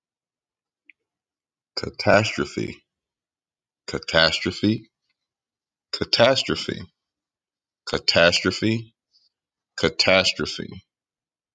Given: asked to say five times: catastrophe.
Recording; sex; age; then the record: repeated word; male; 30 to 39 years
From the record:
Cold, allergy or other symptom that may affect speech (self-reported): no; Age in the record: 39 years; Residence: Pennsylvania, United States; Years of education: 17